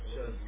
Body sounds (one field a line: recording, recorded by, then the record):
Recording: voluntary cough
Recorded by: telephone call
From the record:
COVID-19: negative